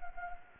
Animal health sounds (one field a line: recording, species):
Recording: mosquito wingbeat signal from an infrared sensor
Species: Anopheles gambiae